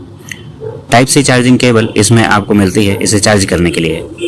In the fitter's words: इस केस में भी मैग्नेट होने के कारण इसका ट्रांसपेरेंट कैप पास लाते ही लॉक हो जाता है, फिर से चलने लगती है रंग बिरंगी लाइट।